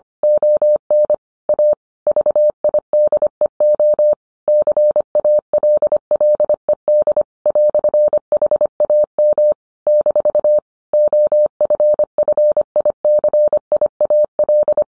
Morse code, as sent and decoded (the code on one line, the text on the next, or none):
--- -. / .- / ...- .. -.. . --- / -.-. .- .-.. .-.. . -.. / .-..-. .... .- -- / -....- / --- ..-. ..-. .. -.-. .. .- .-..
ON A VIDEO CALLED "HAM - OFFICIAL